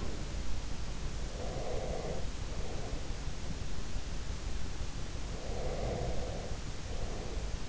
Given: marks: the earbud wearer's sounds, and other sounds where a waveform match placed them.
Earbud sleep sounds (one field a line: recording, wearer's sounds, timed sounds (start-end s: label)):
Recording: sounds in sleep by an in-ear microphone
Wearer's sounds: breath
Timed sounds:
0.00-0.35 s: sound from someone else or the room
1.32-3.27 s: breath
5.22-7.69 s: breath